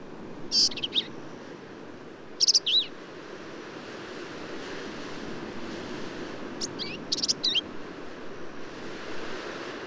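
Black-capped vireo giving a few short, squeaky high phrases separated by long pauses, over steady background noise.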